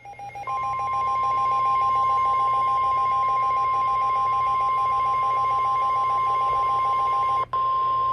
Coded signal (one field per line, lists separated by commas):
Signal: Emergency Alert System (SAME) tones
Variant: 1050 Hz attention tone